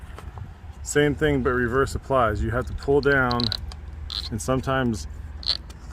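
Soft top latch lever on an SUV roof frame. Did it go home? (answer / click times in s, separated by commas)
yes / 5.5 s, 5.6 s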